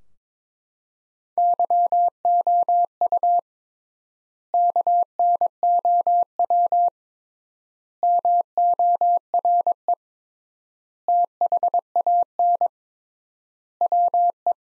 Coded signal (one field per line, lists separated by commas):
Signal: Morse code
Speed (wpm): 22 wpm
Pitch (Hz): 700 Hz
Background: none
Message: YOU KNOW MORE THAN WE